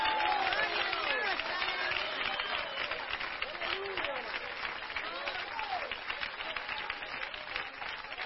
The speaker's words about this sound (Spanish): ¿Cuántos le aplauden al Dios de gloria en esta noche? ¿Cuántos le aplauden al Dios de gloria en esta noche?